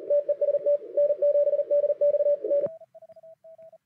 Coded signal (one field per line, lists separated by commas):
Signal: Morse code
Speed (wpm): 41 wpm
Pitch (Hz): 580 Hz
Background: radio noise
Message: TEST N7DX N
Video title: 6-6-24 cwt 0300 remote WRONG CLUSTER